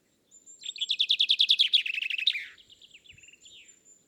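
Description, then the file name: Common chaffinch song: a quick, loud series of chipping notes descending into a flourish, followed by softer trailing twitters and a thin high whistle behind. "Fringilla coelebs"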